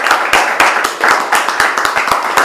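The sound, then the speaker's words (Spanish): A small group claps steadily to welcome two new members joining the group, with sharp overlapping hand claps forming a dense, irregular patter that stays fairly loud and even throughout, with no one speaking. “De paso, les damos un aplauso, les damos la bienvenida, que se suman.”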